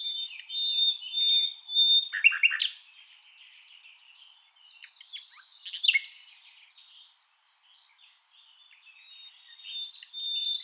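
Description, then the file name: Common nightingale song with a sustained whistled note at the start, harsh mixed phrases, and a fast repeated-note trill, with gaps between bursts. "Luscinia megarhynchos"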